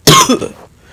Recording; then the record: coughing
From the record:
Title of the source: Wet coughing